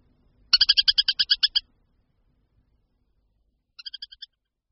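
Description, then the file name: Montagu's harrier with one loud run of about ten quick, sharp chattering notes, then a softer, shorter run of a few notes after a pause. "Moták-lužní"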